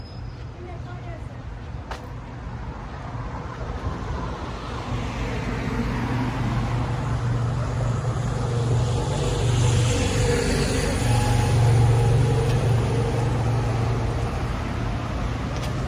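Street sounds from a walk in Tel Aviv, with a steady low rumble of passing traffic throughout. A vehicle swells louder from around six seconds, peaking near twelve seconds, with a brighter hiss rising above the engine drone before easing slightly.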